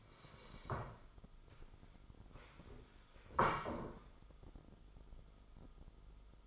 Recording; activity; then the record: daily activity, microphone in the room; sit down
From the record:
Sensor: 5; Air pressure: 1005.4 hPa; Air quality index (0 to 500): 105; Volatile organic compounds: 2 ppm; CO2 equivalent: 1286 ppm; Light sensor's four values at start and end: 34/78/31/29 and 34/78/31/30